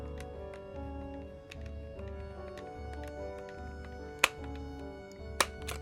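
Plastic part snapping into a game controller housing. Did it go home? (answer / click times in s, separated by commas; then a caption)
yes / 4.2 s, 5.4 s. During reassembly of a Nintendo 64 controller after installing a replacement Renaissance Pro thumbstick module, a plastic part is pressed home into the controller housing over steady background music. Sharp clicks ring out at 4.2 s and 5.4 s as the part seats, marking the job as finished.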